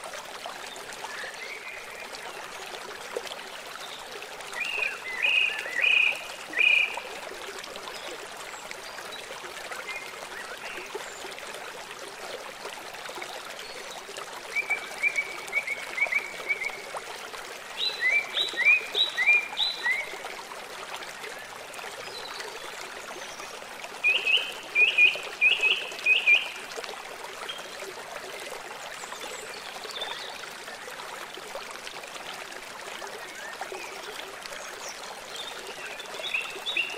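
A river runs steadily throughout, a dense, even rushing with no low rumble. Birds chirp in short bright bursts over the water, around 5 to 7 seconds, near 15 and 18 to 20 seconds, and again at 24 to 26 seconds.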